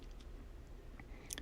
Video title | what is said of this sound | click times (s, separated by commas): Galaxy S9 Screen Repair - Replacement From Start To Finish. | it snapped into place you can go ahead and seal it the backpack on and then | 1.3 s